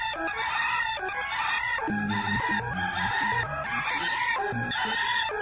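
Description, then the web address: Turkey calls, overlapping rattling gobbles and clucks forming a thick, unbroken chorus over five seconds, with short lower notes popping through. "Dindon didiboom"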